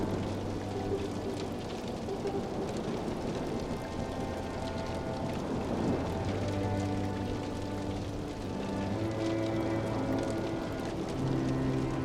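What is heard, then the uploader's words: Sustained string notes hold and shift slowly over a dense, steady roar of rain and heaving sea on a pirate ship. A rushing surge swells near the six-second mark, while low bowed tones carry on beneath at an even level throughout. Pirate Ship and the Terrible Sea, the Comfort of Strings. Outside the walls of the ship, the ocean surges relentlessly.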